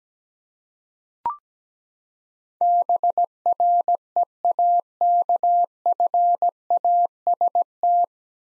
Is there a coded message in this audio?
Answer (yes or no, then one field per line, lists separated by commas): yes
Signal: Morse code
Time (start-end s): 2.6-8.0 s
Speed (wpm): 17 wpm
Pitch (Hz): 700 Hz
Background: none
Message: BREAKFAST